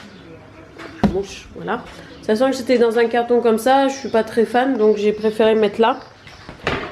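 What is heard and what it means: Someone talks while an item is being moved out of its cardboard packaging into a plastic storage container, preferred over the cardboard box, with a sharp knock near 1.0 s and handling noise near the end. The plastic lid has not yet clipped shut onto the storage container, and nothing has seated or clicked yet.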